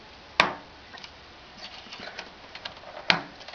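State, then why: Seated. A desktop RAM stick is pushed into a motherboard DIMM slot, giving two sharp, loud clicks at 0.4 s and 3.1 s as the slot's retention clips snap shut, with faint taps and rustling in between. The module is seated.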